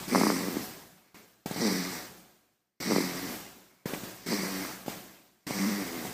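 Short, rough, noisy breath sounds repeat at roughly 22 per minute, each starting abruptly and fading away, with a soft fluttering quality. This is a baby snoring during sleep.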